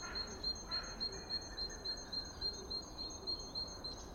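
Bird song: a fast run of short, high, clipped notes repeated evenly, about three or four a second.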